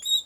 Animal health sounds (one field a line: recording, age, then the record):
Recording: pig call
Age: piglet (1 to 25 days)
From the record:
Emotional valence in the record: negative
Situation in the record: restrain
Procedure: sham castration, cut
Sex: male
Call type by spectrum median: high-frequency call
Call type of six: low-frequency tonal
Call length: 0.27 s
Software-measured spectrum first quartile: 3782 Hz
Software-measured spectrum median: 4126 Hz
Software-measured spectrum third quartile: 7992 Hz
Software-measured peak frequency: 3827 Hz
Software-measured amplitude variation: 199 dB a second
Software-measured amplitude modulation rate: 13.1 a second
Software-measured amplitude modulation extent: 15.3 dB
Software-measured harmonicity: 28.5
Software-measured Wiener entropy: -5.96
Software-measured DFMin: 1153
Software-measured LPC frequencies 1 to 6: 1053, 2123, 3718, 3823, 5184, 7582 Hz